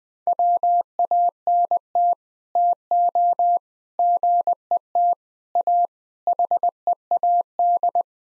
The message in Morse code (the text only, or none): WANT TO GET AHEAD